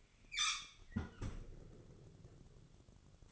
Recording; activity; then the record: daily activity, microphone in the room; close fridge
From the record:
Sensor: 4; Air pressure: 1008.6 hPa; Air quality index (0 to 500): 71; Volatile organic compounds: 1 ppm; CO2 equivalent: 621 ppm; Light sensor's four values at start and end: 15/35/14/14 and 16/36/15/15